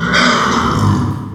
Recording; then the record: squeal of a Yucatan mini pig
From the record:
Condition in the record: after surgery on the right vocal fold (resection and tissue-engineered implant); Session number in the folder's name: 15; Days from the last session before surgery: 175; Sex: female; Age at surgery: 19 weeks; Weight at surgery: 25 kg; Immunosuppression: prednisolone